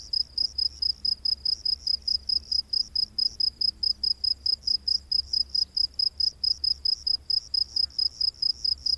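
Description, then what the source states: Cricket giving high chirps that repeat briskly and evenly in a continuous pulsing series. Rainforest at night.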